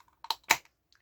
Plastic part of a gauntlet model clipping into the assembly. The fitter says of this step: Voilà. On entend un petit clac, c'est que c'est bon.